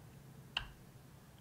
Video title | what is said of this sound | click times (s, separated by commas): MCM MODS SSSP Single:Squonk:Series:Parrallel | it dropped down. You heard that little tuck? It dropped down. Now it's fitting into place. Now it will not move left or right. | 0.6 s